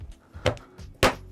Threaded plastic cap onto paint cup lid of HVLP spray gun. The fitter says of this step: put it on, and then palms either side until you hear it click.